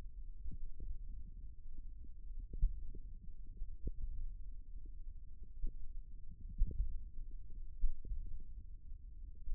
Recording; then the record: forearm muscle sounds (acoustic myography)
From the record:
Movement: finger pinch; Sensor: system 1, eight BSWA MPA416 microphones around the upper forearm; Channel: 8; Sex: male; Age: 54 years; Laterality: right